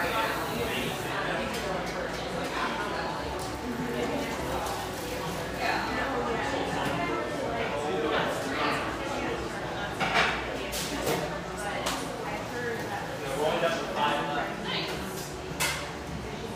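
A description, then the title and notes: Pearl District, Portland, Oregon: a steady murmur of many overlapping voices fills the whole stretch, dense and unbroken. Sharp clicks and clatters, like footsteps or dishes, pop up every second or two, a little more often after the ten-second mark. Pearl District, Portland, Oregon.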